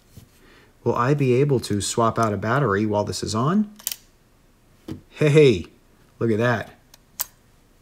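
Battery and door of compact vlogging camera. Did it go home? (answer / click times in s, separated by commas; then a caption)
released / 7.2 s. Someone talks while opening the battery compartment of a Sony ZV-1 compact vlogging camera with its cage still fitted. A sharp pop at 7.2 s marks the battery door popping open and releasing the battery.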